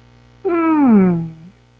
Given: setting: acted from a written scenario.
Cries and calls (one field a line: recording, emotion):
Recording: vocal sound without words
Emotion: desire